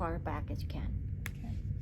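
A four-lead ECG lead wire plug is pushed all the way back into a telemetry transmitter box while someone talks. A short, sharp click is heard at 1.3 s as the plug seats in the box.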